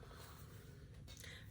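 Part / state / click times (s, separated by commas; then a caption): lid latch of a cross-stitch project storage box / not seated / none. A cross-stitch project storage box is handled with its lid too full to close over the large project inside. Against a steady low hum, only a faint soft tap is heard at about 1.2 s, and the lid latch does not catch, so nothing has clicked.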